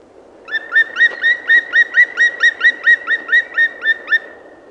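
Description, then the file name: Black woodpecker call series: many clear, ringing notes, each rising slightly, repeated rapidly, then stopping. "PALOKARKI"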